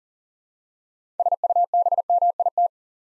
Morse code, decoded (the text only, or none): SUBMIT